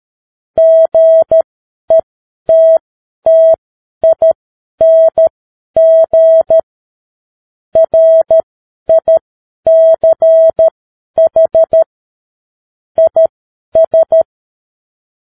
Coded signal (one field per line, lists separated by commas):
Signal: Morse code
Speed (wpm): 13 wpm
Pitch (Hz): 650 Hz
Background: none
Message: GETTING RICH IS